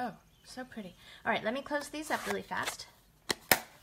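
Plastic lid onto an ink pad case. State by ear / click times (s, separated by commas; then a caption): seated / 3.5 s. Someone talks, then closes the plastic lid onto a stamp ink pad case, pressing it down nice and tight. A short tick at 3.3 s is followed by a sharp snap at 3.5 s as the lid snaps shut and seats.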